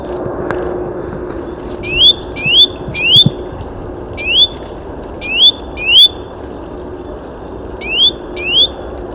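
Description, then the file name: Great tit giving bright, rising whistled notes in quick runs of two or three, several phrases in a row with short gaps, over a steady low noise. "Parus major"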